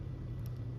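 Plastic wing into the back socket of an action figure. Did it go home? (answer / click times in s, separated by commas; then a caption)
no / none. A knockoff Kaiyodo Batman Beyond action figure's own plastic wing is pushed at the back socket of the same figure, over a steady low hum with a faint, brief high tick near 0.5 s. The wing will not go in, so nothing has seated or clicked yet.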